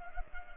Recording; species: mosquito wingbeat signal from an infrared sensor; Culex pipiens